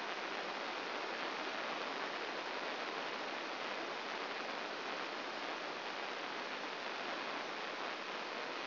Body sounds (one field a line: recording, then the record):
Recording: brain microelectrode recording played as sound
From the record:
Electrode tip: inside the subthalamic nucleus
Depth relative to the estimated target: 1 mm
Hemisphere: right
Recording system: AlphaMap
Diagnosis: Parkinson's disease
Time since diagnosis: 15 years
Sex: female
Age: 68 years